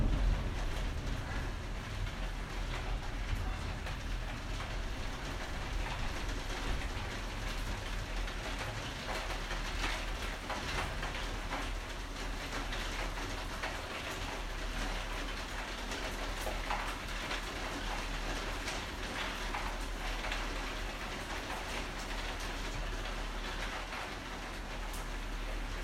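Hail pounds a skylight in a dense, unbroken clatter, with countless sharp hits and brighter bursts standing out every second or so. A steady deep rumble sits underneath throughout, and the downpour stays at an even intensity for the whole stretch.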